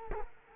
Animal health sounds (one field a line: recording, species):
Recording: mosquito wingbeat signal from an infrared sensor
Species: Culex quinquefasciatus